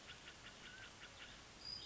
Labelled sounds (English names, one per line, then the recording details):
Mountain Quail
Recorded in Sonoma County, California